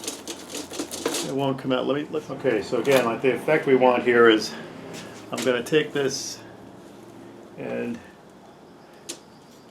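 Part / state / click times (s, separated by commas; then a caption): copper tubing into plastic stanchion slot / seated / 9.1 s. Copper tubing is pressed onto the lipped slot in a plastic stanchion jig while someone talks, then a short, sharp snap is heard at 9.1 s as the tubing seats in the slot.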